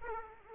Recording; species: mosquito wingbeat signal from an infrared sensor; Aedes aegypti